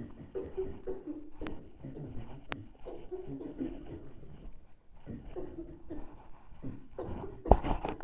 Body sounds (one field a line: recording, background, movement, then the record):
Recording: throat clearing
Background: a bystander coughing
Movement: walking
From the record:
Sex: male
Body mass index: 23.7 kg/m2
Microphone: on the chest, facing the body